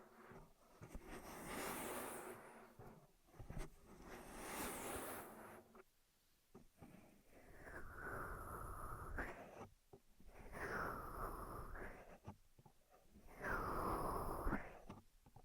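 Ear massage sounds: soft rubbing swells, first hissy bursts, then three sustained brushing strokes with a whistling tone, separated by quiet gaps.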